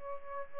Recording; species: mosquito wingbeat signal from an infrared sensor; Aedes albopictus